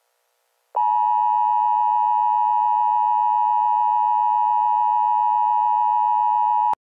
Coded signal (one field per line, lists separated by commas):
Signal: Emergency Alert System (SAME) tones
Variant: 853 and 960 Hz attention tone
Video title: EAS scenario- NASA’s black hole.